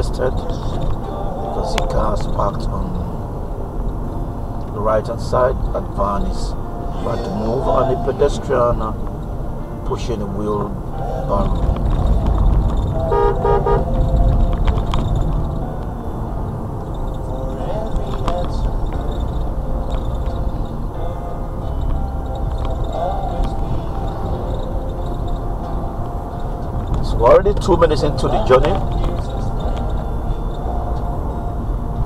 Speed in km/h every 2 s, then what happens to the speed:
52, 50, 52, 47, 42, 40, 42, 44, 47, 48, 50, 52, 52, 53, 55, 53.
0-5 steady at about 52. 5-8 slows to 42. 8-13 steady at about 42. 13-21 speeds up to 52. 21-32 steady at about 53.